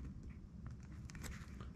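A crimped yellow-wire terminal is pushed into a plastic connector housing during wiring of a Porsche 914 Haltech EFI conversion that replaces the D-Jet system. Soft scraping and faint crackly ticks are heard, with the sharpest short snaps around 1.1 to 1.3 seconds. The terminal has not clicked home yet.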